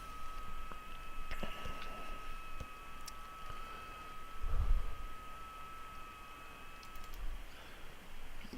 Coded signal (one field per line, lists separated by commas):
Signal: FT8